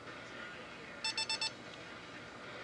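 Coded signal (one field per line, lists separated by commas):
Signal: none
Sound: plotter's button beep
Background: speech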